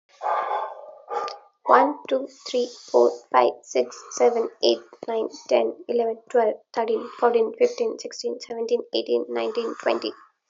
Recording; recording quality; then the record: counting at a fast pace; moderate, slight background noise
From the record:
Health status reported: healthy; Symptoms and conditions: none ticked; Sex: female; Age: 25 years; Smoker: not ticked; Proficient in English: yes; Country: India